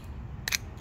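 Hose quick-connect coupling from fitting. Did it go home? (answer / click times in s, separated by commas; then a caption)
released / 0.5 s. A hose is released from the quick-connect fitting of a Workzone 1100W portable air compressor by pulling down the coupling collar. A sharp metallic click at 0.5 s is followed closely by a second bright tick and a fainter one near 0.8 s over a low hum. The hose comes out of the fitting.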